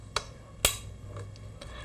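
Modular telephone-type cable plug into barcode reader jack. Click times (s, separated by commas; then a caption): 0.2 s, 0.7 s. A modular telephone-type (RJ) plastic cable plug is pushed into the jack of a barcode reader, giving two sharp snaps at 0.2 s and 0.7 s. Fainter small ticks follow over a low background hum, and the plug is seated.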